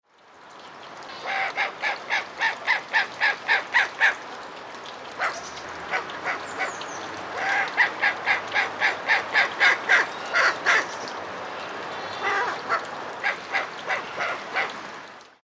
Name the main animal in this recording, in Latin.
Terathopius ecaudatus